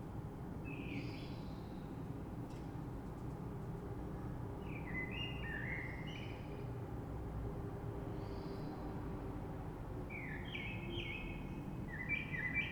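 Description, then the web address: Common blackbird song in separate warbled phrases every few seconds, some with a faint high flourish, above low background noise. Recorded 3 March 2020. "oiseaux Rush Merle 3-3-2020"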